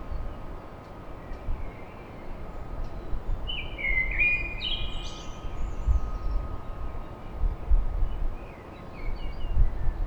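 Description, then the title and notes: Common blackbird sings one mellow whistled phrase ending in thin high notes, against a continuous low rumble. Recorded at dawn in Paris. "Blackbird Poetry At Paris. Enregistrement d'un chant de merle à l'aube dans Paris"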